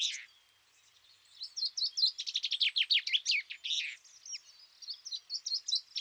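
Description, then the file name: Common chaffinch song: a brief note, then a fast run of descending trilled notes ending in a flourish, followed by softer, scattered high chirps. "Fringilla coelebs"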